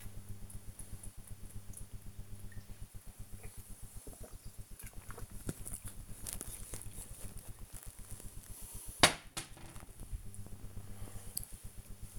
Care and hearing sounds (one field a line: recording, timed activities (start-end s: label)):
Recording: household activities, microphone on the right wrist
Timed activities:
0.00-8.09 s: drinking